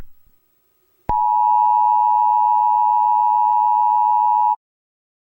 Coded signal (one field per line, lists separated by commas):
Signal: Emergency Alert System (SAME) tones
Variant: 853 and 960 Hz attention tone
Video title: The alternate alert from Mandela catalogue if it was an eas alert